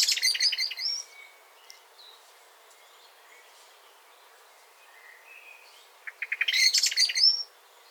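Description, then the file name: Common blackbird: a high twittering burst, faint thin whistles during a quiet stretch, then another scratchy twittering flurry. "Turdus merula"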